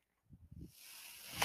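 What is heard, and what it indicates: A few low mechanical thumps, then a rising airy hiss: a home mechanical ventilator delivering air, heard in the background during pauses in speech.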